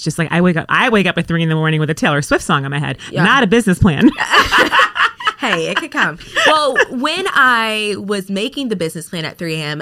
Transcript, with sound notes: It’s just like, I wake up, I wake up at three in the morning with a Taylor Swift song on my head. Not a business plan. (laughing) Hey, it could come. Well, when I was making the business plan at three a .m.,